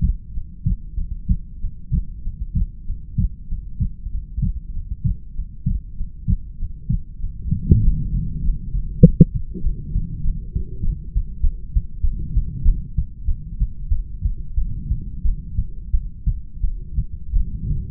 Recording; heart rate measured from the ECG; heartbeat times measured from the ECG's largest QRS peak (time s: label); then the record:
heart sounds by stethoscope; 99 bpm
0.32 s: heartbeat
0.95 s: heartbeat
1.58 s: heartbeat
2.22 s: heartbeat
2.61 s: heartbeat
3.02 s: heartbeat
3.47 s: heartbeat
4.09 s: heartbeat
4.71 s: heartbeat
5.33 s: heartbeat
5.95 s: heartbeat
6.57 s: heartbeat
7.19 s: heartbeat
7.81 s: heartbeat
8.53 s: heartbeat
9.28 s: heartbeat
9.62 s: heartbeat
10.22 s: heartbeat
10.81 s: heartbeat
11.41 s: heartbeat
12.02 s: heartbeat
12.63 s: heartbeat
13.26 s: heartbeat
13.90 s: heartbeat
14.55 s: heartbeat
15.24 s: heartbeat
15.92 s: heartbeat
16.62 s: heartbeat
17.34 s: heartbeat
From the record:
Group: heart failure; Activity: breath hold 0-13 s, rest 13-18 s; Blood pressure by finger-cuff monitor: 62/50 mmHg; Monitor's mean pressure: 54 mmHg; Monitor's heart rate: 96 bpm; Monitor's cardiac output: 6.8 L/min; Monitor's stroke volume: 70 mL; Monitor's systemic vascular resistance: 560 dyn s/cm5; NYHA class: 1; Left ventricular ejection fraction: 39%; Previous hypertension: present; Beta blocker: carvedilol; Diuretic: furosemide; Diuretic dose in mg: 20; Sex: male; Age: 60 years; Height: 178 cm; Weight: 62 kg